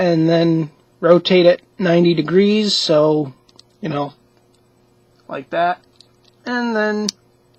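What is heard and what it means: Someone talks while handling the plastic limb parts of a small Transformers Generations Rumble & Ravage robot toy, rotating a part as they are readied to be pushed into the toy's body. Only faint ticks of handling are heard between the speech, and nothing has seated or clicked into place yet.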